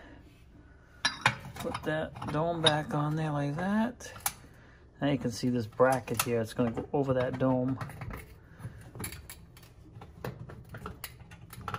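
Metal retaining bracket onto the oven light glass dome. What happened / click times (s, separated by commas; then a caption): Handled, not yet home: a metal bracket is being worked over a glass dome, no seating click yet / none. A metal retaining bracket is handled over the glass light dome inside a gas oven while someone talks, with light metallic taps and knocks between and after the speech. Nothing has seated or clicked yet; the bracket is not locked in place.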